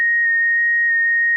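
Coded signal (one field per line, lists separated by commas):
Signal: FT8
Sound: a single steady high whistle-like tone with barely audible small pitch shifts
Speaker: let's get rid of all this and then you enable the TX and you'll see that I'm running at about 60 watts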